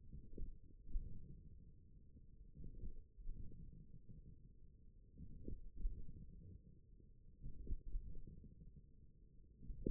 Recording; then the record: forearm muscle sounds (acoustic myography)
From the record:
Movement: wrist flexion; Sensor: system 1, eight BSWA MPA416 microphones around the upper forearm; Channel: 4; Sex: male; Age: 41 years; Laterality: right